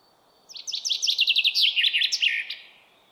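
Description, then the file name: Common chaffinch singing one full phrase of about two seconds: a rapid series of bright notes descending in pitch, ending with an emphatic terminal flourish. "Fringilla coelebs"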